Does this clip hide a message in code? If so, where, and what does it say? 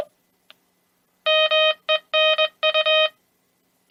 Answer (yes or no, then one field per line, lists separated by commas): yes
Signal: Morse code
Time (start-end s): 1.3-3.1 s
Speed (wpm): 21 wpm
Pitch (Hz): 3100 Hz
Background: none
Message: MENU